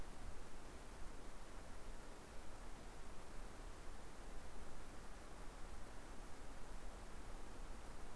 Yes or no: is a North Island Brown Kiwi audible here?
no